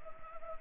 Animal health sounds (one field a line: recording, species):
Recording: mosquito wingbeat signal from an infrared sensor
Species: Anopheles arabiensis